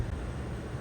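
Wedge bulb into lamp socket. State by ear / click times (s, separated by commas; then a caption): not seated / none. A new wedge bulb for the driver's side license plate light on a Jeep Renegade is pushed into the plastic lamp socket. Only a steady low rumble, like wind, is heard across the 0.9 seconds, with no sharp sounds. Nothing has seated or clicked yet.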